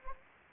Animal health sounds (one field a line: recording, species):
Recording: mosquito wingbeat signal from an infrared sensor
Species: Anopheles gambiae